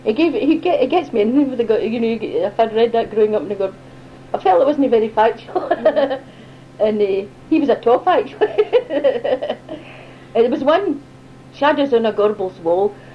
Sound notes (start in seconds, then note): 5.4 laughs; 8.2 laughs